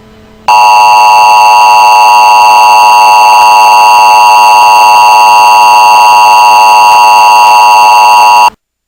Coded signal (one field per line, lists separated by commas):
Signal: Emergency Alert System (SAME) tones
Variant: 853 and 960 Hz attention tone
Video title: Emergency Alert System Zombie Attack